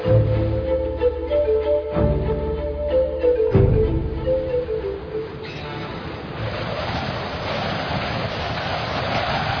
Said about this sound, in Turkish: Rüzgar iyice şiddetlendi doktor.